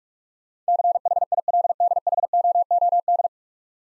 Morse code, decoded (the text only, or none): CHILDHOOD